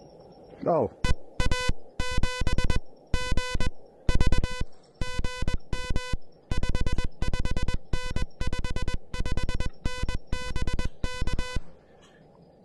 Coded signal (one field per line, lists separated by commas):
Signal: Morse code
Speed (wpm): 21 wpm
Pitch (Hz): 1500 Hz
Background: speech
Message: EA7GV GM 55N 55N BK